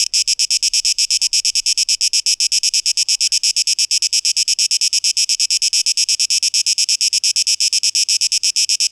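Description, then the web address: Cicada buzz in rapid, shrill pulses, steady and unbroken, without other sounds. 12 August 2023; tape echo mix. "rauschpartikel 2023-08-12 Zikaden"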